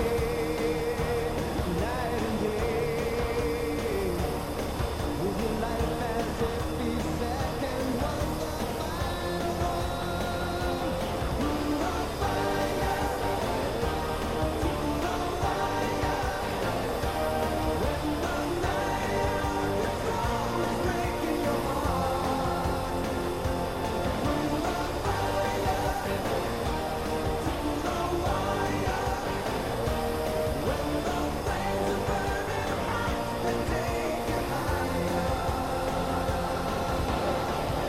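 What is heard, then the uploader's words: Inside an F-14 Tomcat cockpit, a steady dense roar holds level throughout, with faint shifting tones and murmurs layered over it. Flying an F-14 Tomcat with Maverick and Iceman || Top Gun Ambience. This ambience contains dialogue from Top Gun (1986), fighter jet SFX and some great tunes to keep you company as you fly! Cockpit of an F-14 Tomcat cruising the blue skies.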